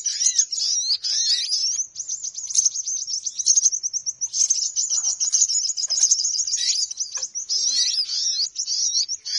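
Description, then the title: Birds twittering in a shrill, busy chorus of rapid chirps and trills, steady throughout, with occasional lower arched whistles underneath. Noisy bird calls used as a lure to attract birds, which are said to gather close soon after it starts. "Baru Diputar Dah Banyak Merapat! Suara Pikat Burung Ribut"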